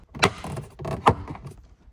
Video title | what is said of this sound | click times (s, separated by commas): Jeep Grand Cherokee Cluster Removal & Bulb Replacement (99-04 WJ) | top and bottom two clicks on each side | 0.2 s, 1.1 s